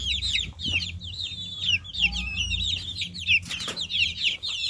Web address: chicks